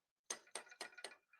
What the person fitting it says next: That click is the fin of the rubber dial hitting that pin of the cylinder.